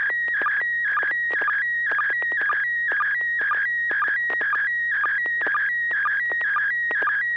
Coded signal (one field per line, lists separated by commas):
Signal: SSTV (slow-scan television)